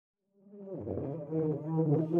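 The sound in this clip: Bees buzzing: a droning hum fades in, then several overlapping wavering tones build into a steady, thickening buzz.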